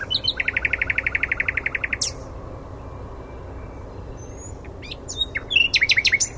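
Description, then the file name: Common nightingale song: a rapid rattling series of many sharp notes, a pause, then scattered high thin notes and a short burst of clicking phrases. "Luscinia megarhynchos"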